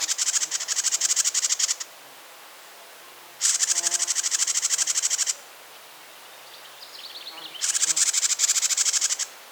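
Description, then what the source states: House wren song: three long, raspy bursts of very rapid, even pulses, high and buzzy, each about two seconds, repeated every few seconds over quiet background. Western subspecies Troglodytes aedon parkmanii.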